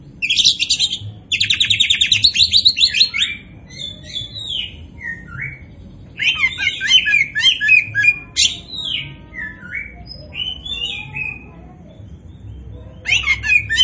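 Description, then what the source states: Oriental magpie-robin singing a rich, rapid medley of buzzy trills and sweet slurred whistles, delivered in bursts with short pauses between phrases. Local variety called kacer poci; described as gacor, singing vigorously.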